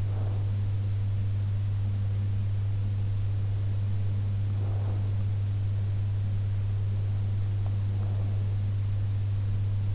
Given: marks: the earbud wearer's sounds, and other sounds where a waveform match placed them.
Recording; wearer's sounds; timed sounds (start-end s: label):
sounds in sleep by an in-ear microphone; breath
0.00-0.69 s: breath
4.37-5.29 s: breath
7.79-8.60 s: breath